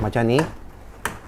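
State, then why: Seated. Someone talks briefly, then the brake lever on a caster wheel under the base of a heavy EcoFlow Delta Pro Ultra battery and inverter stack, with each battery about 50 kg, is pressed down to lock it. A short, sharp click sounds at 1.0 s as the brake snaps on and the wheel locks so it will no longer roll.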